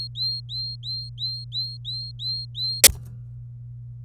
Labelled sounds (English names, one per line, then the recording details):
Domestic Canary song
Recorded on 26 April 2018 at 14:01
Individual llb3